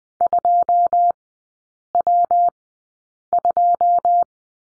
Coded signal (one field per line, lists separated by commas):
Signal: Morse code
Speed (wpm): 20 wpm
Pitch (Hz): 700 Hz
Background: none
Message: 2W2